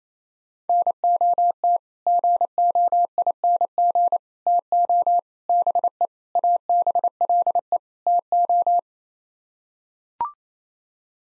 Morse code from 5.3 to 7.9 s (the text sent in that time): BE ABLE